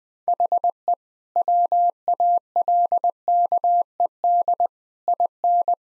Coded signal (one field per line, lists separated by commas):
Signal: Morse code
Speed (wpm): 20 wpm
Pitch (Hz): 700 Hz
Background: none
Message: HE WALKED IN